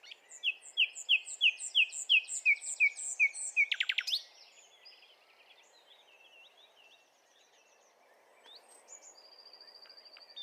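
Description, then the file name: Common nightingale song: repeated bright, slurred notes given quickly in series, a harsh buzzy burst, then quieter, thin calls. "Luscinia megarhynchos"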